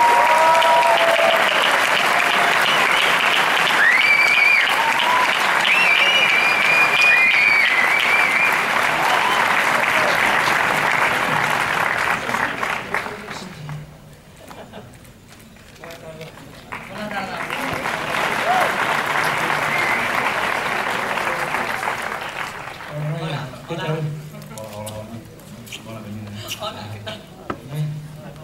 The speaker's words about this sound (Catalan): Un aplaudiment per ells, si us plau.